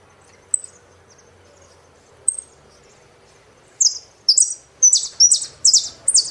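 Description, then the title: Saffron finch song: two isolated thin high notes, then a quick series of loud descending chirps. "Jilguero Argentino"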